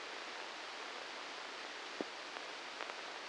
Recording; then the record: brain microelectrode recording played as sound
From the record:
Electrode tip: inside the subthalamic nucleus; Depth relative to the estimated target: -2 mm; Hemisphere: left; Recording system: NeuroSet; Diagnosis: Parkinson's disease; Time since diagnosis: 7 years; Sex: male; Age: 44 years